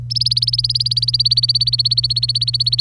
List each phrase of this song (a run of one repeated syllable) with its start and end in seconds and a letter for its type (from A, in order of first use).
0.10-2.81 A